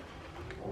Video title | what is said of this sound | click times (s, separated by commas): Como Consertar Ventilador que não Gira Sistema de Oscilação do Ventilador Ventisol turbo 6 50cm 135w | encaixou, isso daqui já está encaixado. | 0.5 s